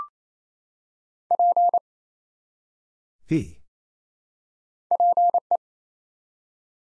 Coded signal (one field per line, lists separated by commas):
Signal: Morse code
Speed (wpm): 27 wpm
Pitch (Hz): 700 Hz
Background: none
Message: P PE